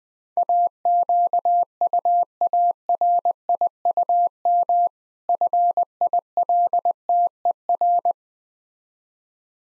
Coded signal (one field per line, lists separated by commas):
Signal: Morse code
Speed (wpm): 21 wpm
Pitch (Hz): 700 Hz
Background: none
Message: AQUARIUM FILTER